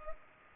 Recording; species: mosquito wingbeat signal from an infrared sensor; Culex pipiens